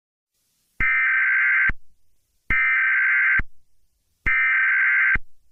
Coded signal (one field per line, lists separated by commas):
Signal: Emergency Alert System (SAME) tones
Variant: header bursts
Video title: The Birth of the Blood Moon Hero: An EAS Scenario with a Twist of Comedy (Read in Description)